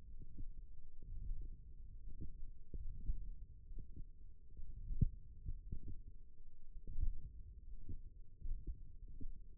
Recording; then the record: forearm muscle sounds (acoustic myography)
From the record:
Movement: hook grip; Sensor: system 1, eight BSWA MPA416 microphones around the upper forearm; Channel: 2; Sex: female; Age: 21 years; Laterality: right